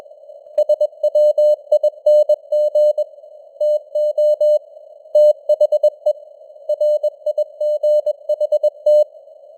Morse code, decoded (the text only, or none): SWING TO THE RIGHT